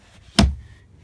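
The removable front panel of a camper's under-sofa storage is pushed back into the sofa frame, and magnets taken from a hard drive pull it shut. A single sharp click sounds at 0.4 s over a quiet background, with a brief low thud trailing off. The panel is seated and holds in place.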